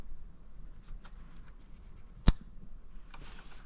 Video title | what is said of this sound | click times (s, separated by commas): 2019 Hyundai Santa Fe XL V6 3.3L 3.6L , How To Change The Spark Plugs - EP 93 | so you should hear a click when it goes in | 2.3 s